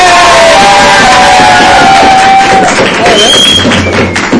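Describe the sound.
A loud, dense wash of played-in, partly fake applause fills the whole stretch, with clapping and whooping cheers blending together and a few shouted voices rising above the steady roar.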